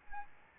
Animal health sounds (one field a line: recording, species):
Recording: mosquito wingbeat signal from an infrared sensor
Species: Aedes albopictus